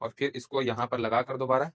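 Someone talks while a detached aluminium monopod leg section of a Digitek DPTR 895VD tripod-cum-monopod is handled, about to be fitted back into the tripod center column, which has a rotating lock knob. Only speech is heard, and the section has not seated or locked yet.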